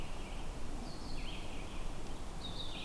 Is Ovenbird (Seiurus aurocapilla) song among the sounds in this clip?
no